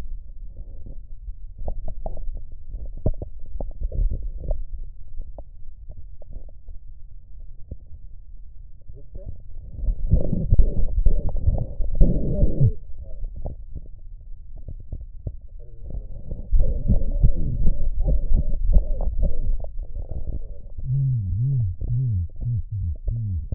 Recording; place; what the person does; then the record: lung sounds by stethoscope; right posterior basal chest; quiet breathing, then cough and speech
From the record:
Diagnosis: pulmonary infection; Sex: male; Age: 74 years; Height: 171 cm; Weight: 80 kg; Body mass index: 27.4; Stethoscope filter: extended mode